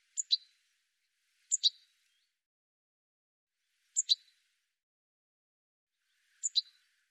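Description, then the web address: Bird calls, high two-part chirps repeated four times at uneven gaps of about one to two and a half seconds, in an otherwise silent background. "cianscape birddata"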